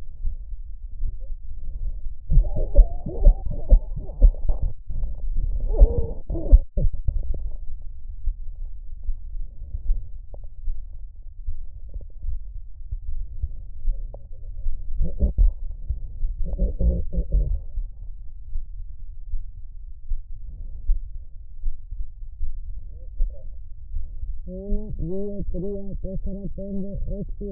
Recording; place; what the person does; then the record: lung sounds by stethoscope; left posterior apical chest; quiet breathing, then cough and speech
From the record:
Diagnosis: pulmonary infection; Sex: female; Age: 74 years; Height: 160 cm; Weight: 66 kg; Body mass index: 25.8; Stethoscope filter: extended mode